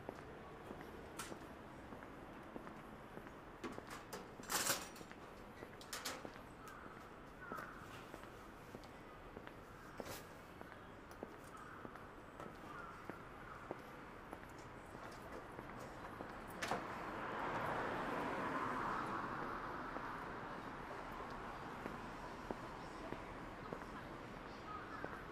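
A Saturday morning street in Shinjuku, with a steady murmur of traffic and passing activity throughout. Sharp clicks and knocks break through every few seconds, loudest around five seconds in, and a vehicle swells past around seventeen to twenty seconds.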